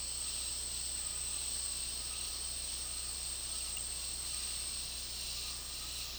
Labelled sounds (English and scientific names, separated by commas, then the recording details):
none
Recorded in dense forest near Puerto Asís, Putumayo, Colombia, on 24 March 2025 at 11:00
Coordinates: 0.503, -76.323
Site GP09